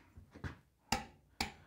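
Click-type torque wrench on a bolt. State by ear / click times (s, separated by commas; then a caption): torque reached / 0.9 s, 1.4 s. A click-type torque wrench set to 75 ft-lb, the kind used for lug nuts on tires or trucks, is pulled again on a bolt; faint scraping comes first, then two sharp clicks at 0.9 s and 1.4 s. The clicks confirm the bolt is torqued to the setting.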